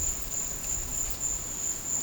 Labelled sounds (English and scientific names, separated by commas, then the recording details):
none
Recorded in pastures near Puerto Asís, Putumayo, Colombia, on 22 December 2024 at 13:30
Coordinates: 0.466, -76.322
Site G040